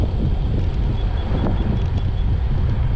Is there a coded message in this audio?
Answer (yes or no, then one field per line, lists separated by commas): no